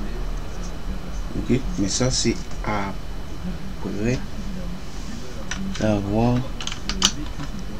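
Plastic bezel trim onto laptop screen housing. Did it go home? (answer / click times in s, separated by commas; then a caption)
yes / 7.0 s. A small plastic bezel trim piece is pressed into place on the screen housing of a Packard Bell laptop while someone talks. A few light plastic taps sound near the end, then a short sharp snap at 7.1 s as the bezel clips in and seats.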